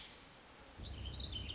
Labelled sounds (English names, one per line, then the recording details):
Warbling Vireo
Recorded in Sonoma County, California